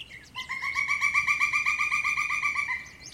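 Pileated Woodpecker call: a rapid, even run of loud, ringing notes lasting over two seconds, fading at the end.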